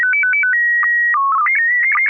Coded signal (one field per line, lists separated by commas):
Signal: SSTV (slow-scan television)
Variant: PD 120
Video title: N6NA SSTV Net - 06/12/2024